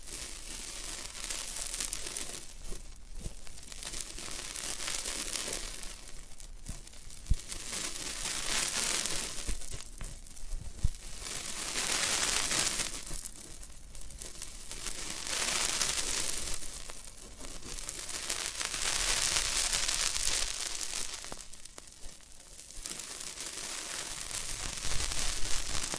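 Floral foam being worked, producing a dry, bright crinkling and crumbling texture in repeated waves lasting a few seconds each, with brief quieter gaps between them. Occasional sharp clicks and snaps stand out, including a few near the end.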